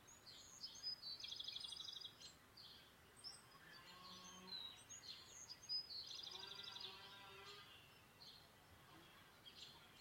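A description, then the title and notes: Birds chirp and trill almost continuously, bright quick calls overlapping from several birds, with a rapid rattling phrase near the start and another around six seconds. A lower, softer call repeats in the middle. A steady faint hiss of rain runs underneath throughout. Birds and Rain, sounds of Nature.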